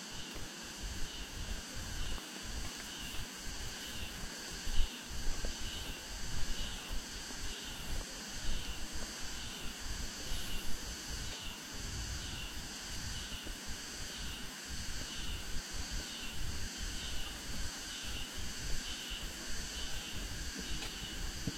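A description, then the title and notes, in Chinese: Cicadas sing after rain at the Ming Xiaoling tomb in Nanjing, a dense, bright drone that holds steady for the whole stretch with a faint, regular pulsing. Beneath it runs a low, uneven rumble, with a brief louder thump around five seconds. 坐落在南京紫金山独龙阜玩珠峰下，东毗中山陵，南临梅花山。南京明孝陵的雨后蝉鸣。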